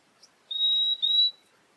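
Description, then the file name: Purple-throated euphonia giving a double whistle: two thin, level, high notes back to back, preceded by a brief faint chip. "Euphonia chlorotica"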